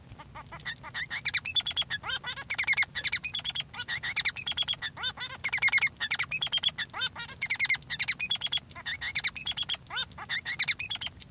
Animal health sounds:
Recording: song of a male Bengalese finch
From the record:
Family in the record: son of father 3

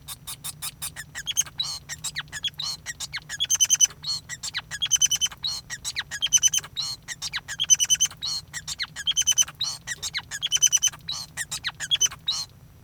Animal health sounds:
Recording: song of a male Bengalese finch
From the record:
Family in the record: son of father 5

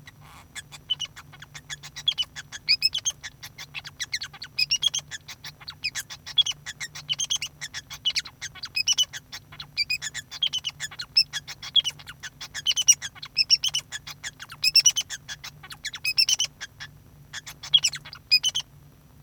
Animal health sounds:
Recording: song of a male Bengalese finch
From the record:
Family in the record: son of father 2

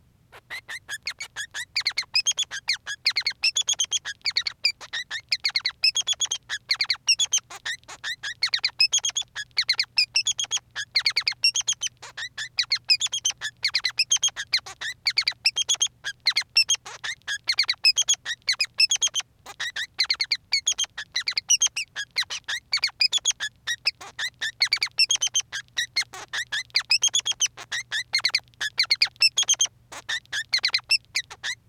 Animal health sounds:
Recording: song of a male Bengalese finch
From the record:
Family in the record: son of father 3

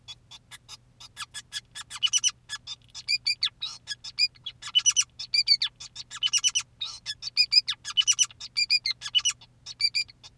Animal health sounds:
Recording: song of a male Bengalese finch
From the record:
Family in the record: son of father 2, and himself father 5

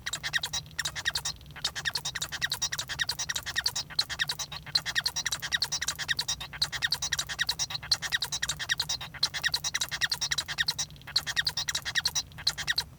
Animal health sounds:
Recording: song of a male Bengalese finch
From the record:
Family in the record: son of father 1

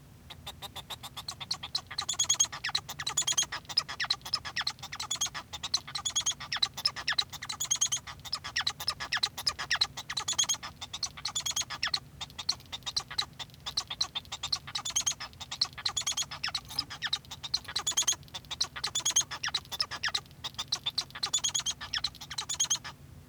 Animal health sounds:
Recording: song of a male Bengalese finch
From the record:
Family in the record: son of father 1

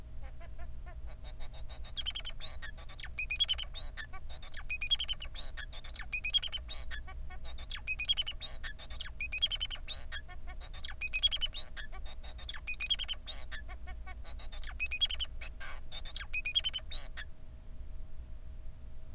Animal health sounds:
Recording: song of a male Bengalese finch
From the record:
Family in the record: son of father 4

